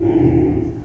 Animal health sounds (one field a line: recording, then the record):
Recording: squeal of a Yucatan mini pig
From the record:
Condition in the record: before surgery on the right vocal fold (resection and tissue-engineered implant)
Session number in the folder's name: 2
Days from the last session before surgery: -15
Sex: female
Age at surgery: 19 weeks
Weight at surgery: 25 kg